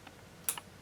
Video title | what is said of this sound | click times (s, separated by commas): Setting up Camera, Tripod and Sound | and again we hear a satisfying click so we know that that's all marked up | 0.5 s